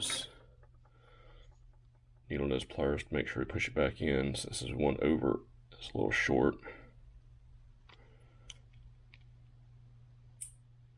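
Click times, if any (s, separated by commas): 10.4 s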